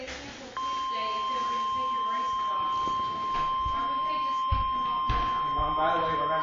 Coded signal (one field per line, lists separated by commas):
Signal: Emergency Alert System (SAME) tones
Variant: 1050 Hz attention tone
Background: speech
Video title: EAS 19-22 SVRs and TORs Southern Illinois